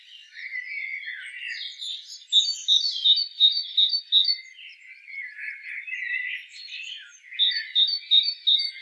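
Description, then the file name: Great tit calls: scratchy chatter, then a string of bright, sharp high notes, more chatter, and another quick run of ringing notes. "Parus major"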